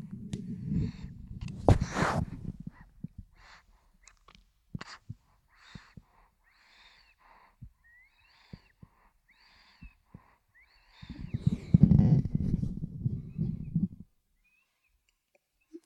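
Soft, snuffly nasal snoring breaths from a sleeping newborn boy about four weeks old, recorded with the microphone held near his face, about 65 breaths a minute, between bursts of low handling rumble.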